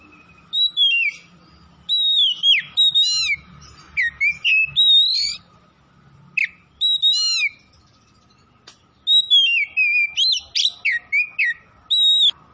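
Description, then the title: Oriental magpie-robin singing a lively varied song of whistles, trills and sharp sweeping notes in quick bursts separated by short pauses. Bird from Tretes, Indonesia, singing vigorously (gacor). "Kacer Tretes Gacor"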